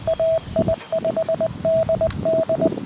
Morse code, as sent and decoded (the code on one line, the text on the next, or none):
.- .. ..... -.. -..
AI5DD